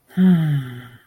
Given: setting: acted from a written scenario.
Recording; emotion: vocal sound without words; romantic love